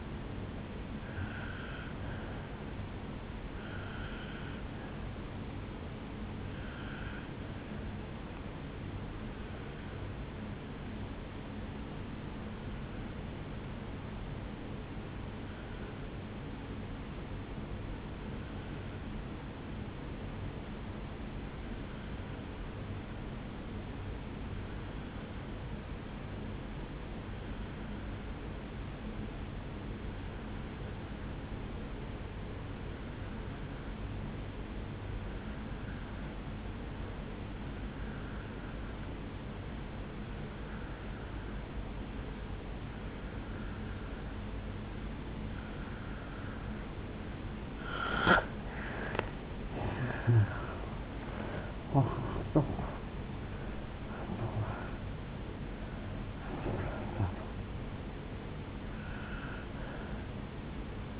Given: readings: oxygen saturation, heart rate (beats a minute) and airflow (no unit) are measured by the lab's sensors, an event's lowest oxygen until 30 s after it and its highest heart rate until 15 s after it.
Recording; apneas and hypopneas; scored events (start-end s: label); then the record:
breathing in sleep by a voice recorder at the bedside; 1
12.00-47.50 s: obstructive apnea (N1, oxygen 96% highest, then 84% lowest, heart rate 56 at the start, 79 highest)
17.00-47.00 s: new sleep stage, N2 (light sleep)
47.00-61.20 s: new sleep stage, N1 (lightest sleep)
From the record:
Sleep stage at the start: N1 (lightest sleep); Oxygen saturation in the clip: 85 to 96%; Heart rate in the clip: 56 to 79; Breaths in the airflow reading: 6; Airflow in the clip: -11.8 to 9.7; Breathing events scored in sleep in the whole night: 449 in 7.0 hours asleep